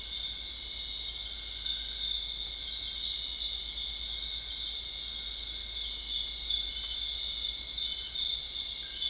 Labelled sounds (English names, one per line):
none